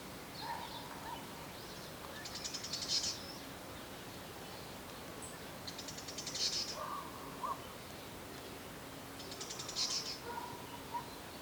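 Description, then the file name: Great tit calls: buzzy, rasping high bursts repeated about every three and a half seconds, separated by brief lower notes, against constant noisy background hiss. "Parus major"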